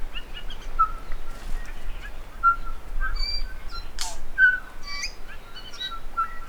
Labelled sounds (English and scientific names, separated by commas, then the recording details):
New Zealand Bellbird (Anthornis melanura) song
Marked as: Alarmy(short+up), Stutter(decurved), Pipe(E[6]), Pipe(E[6]+), Alarmy_Pipe(high), Downhook_Flatsqueak(short), Cough(clickCUV), Pipe(F#[6]+), Cheesy, Alarmy(twobitCUV+stutter+beware)
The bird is a male
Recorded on Cuvier Island, New Zealand, on 5 November 2016
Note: WheezeBuzz